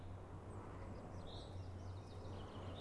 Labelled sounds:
Common Chaffinch
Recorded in Germany
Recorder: ecoPi

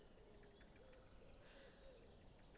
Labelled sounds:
Great Spotted Woodpecker
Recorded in Germany
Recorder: ecoPi

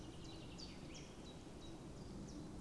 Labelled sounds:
Common Chiffchaff
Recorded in Germany
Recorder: ecoPi

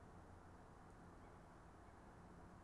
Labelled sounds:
Tawny Owl
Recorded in Germany
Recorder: ecoPi

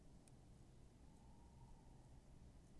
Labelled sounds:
Tawny Owl
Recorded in Germany
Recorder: ecoPi

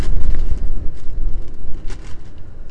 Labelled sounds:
none
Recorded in Germany
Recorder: ecoPi

